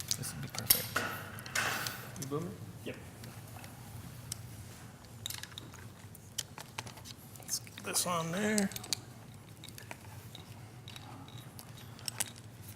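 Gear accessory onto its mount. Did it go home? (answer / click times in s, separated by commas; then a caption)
no / none. A piece of gear is handled as it is fitted onto its mount, with scattered short taps and rustling handling noises while someone talks. Nothing has seated or clicked into place yet.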